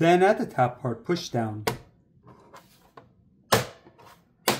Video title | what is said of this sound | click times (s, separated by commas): PS5 Pro: How to Remove Disc Drive & Cover! | you'll hear it snap in | 3.5 s, 4.5 s